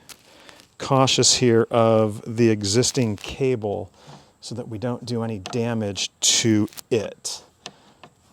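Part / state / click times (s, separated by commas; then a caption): third brake light unit into rear spare-tire-mount housing / seated / 7.7 s. An Oracle Lighting LED third brake light is pressed into the rear spare-tire-mount housing on a 2020 Jeep Wrangler JL Unlimited, taking care around the existing cable. Someone talks through most of the clip. Then a sharp plastic click at 7.7 s marks the clip snapping the unit into place.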